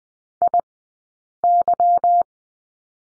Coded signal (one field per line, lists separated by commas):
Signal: Morse code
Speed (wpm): 20 wpm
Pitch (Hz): 700 Hz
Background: none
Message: IY